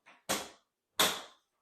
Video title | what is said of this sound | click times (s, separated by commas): Animal Kingdom Lodge: ♿️ Accessible Room with Zebras 🦓 & Giraffe🦒 as Neighbors | you hear it lock shut so that's good | 1.0 s